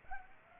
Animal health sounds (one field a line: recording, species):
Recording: mosquito wingbeat signal from an infrared sensor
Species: Culex pipiens